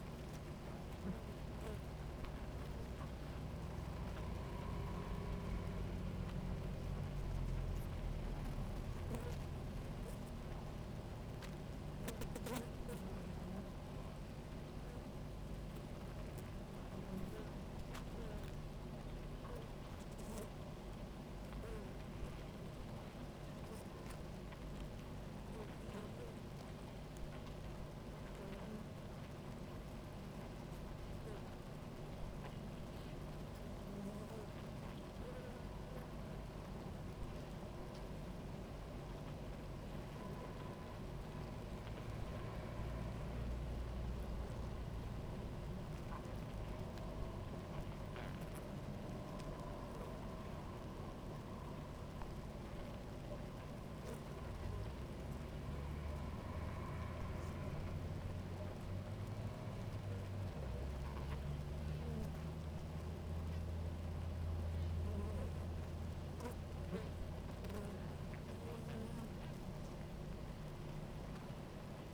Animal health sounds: honeybee colony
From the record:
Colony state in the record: active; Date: 28 July 2017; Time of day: 17:22

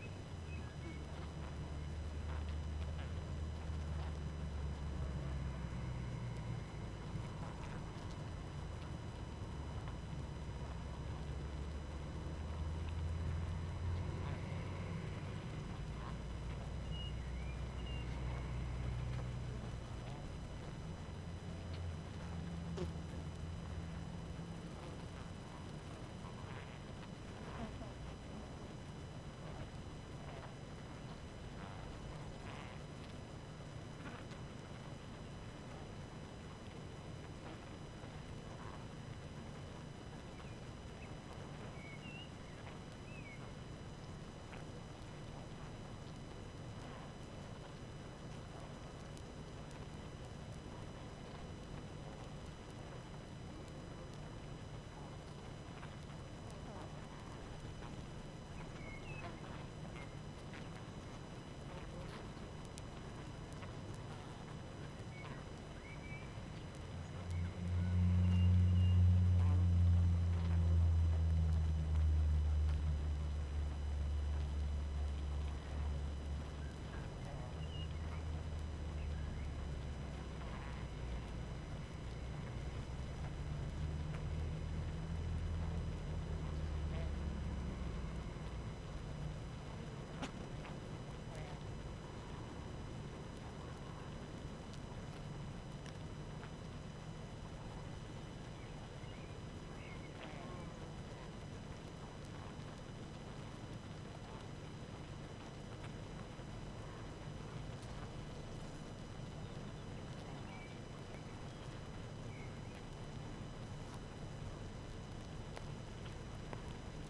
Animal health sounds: honeybee colony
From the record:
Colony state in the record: active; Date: 12 June 2018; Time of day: 18:57

